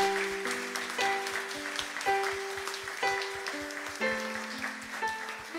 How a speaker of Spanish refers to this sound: Sí, el aplauso es para el Señor.